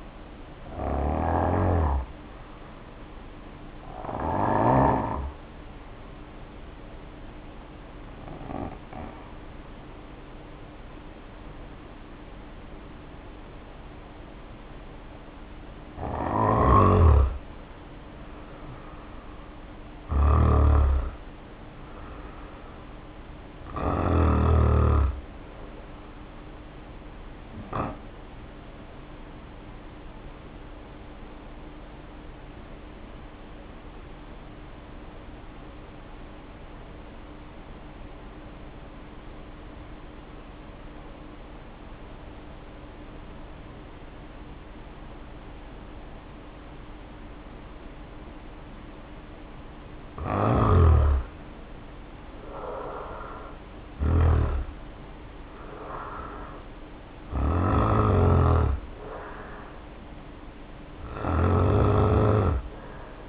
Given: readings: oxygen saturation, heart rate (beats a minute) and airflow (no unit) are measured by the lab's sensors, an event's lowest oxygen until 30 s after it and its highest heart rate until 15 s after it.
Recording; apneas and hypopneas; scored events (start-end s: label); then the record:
breathing in sleep by a voice recorder at the bedside; 2
3.00-20.60 s: hypopnea (N1, oxygen 96% highest, then 83% lowest, heart rate 55 at the start, 64 highest)
35.00-51.50 s: hypopnea (N1, oxygen 95% highest, then 77% lowest, heart rate 55 at the start, 69 highest)
From the record:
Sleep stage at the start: N1 (lightest sleep); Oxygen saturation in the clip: 79 to 96%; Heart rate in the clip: 52 to 69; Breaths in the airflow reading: 22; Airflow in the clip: -1.4 to 1.1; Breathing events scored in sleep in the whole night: 520 in 7.2 hours asleep